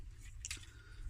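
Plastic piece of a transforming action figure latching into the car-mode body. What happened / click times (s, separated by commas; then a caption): Plastic part snapped into place / 0.4 s. A plastic piece of a Transformers Siege Sideswipe action figure is pulled down and latches into the car-mode body with a short, sharp click at 0.4 s, followed by a softer snap just after. The part catches and seats in place.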